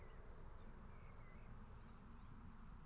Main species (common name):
Common Blackbird